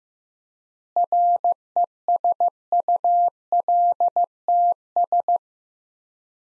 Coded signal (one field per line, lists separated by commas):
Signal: Morse code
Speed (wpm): 15 wpm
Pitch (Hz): 700 Hz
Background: none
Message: RESULTS